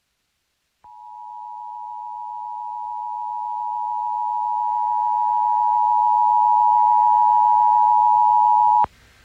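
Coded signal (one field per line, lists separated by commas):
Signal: Emergency Alert System (SAME) tones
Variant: 853 and 960 Hz attention tone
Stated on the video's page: EAS alerts, mostly flash flood warnings, in North Carolina.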